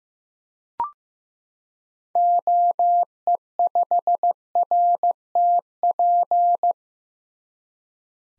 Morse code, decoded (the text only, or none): OE5RTP